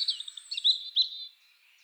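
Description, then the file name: European robin song: a brief, high, thin warbling phrase of quick varied notes and trills, ending abruptly after about 1.3 seconds. "Erithacus rubecula"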